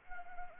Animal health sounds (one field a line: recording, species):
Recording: mosquito wingbeat signal from an infrared sensor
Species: Anopheles arabiensis